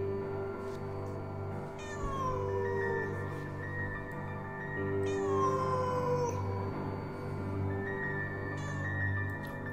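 A cat outdoors meows mournfully in long, drawn-out wails that rise and fall in pitch, repeating several times over a steady low hum, with no one speaking.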